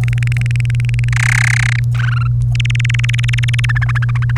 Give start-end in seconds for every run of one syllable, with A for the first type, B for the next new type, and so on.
0.03-1.09 A, 1.12-1.79 B, 1.95-2.27 C, 2.55-3.65 D, 3.69-4.37 E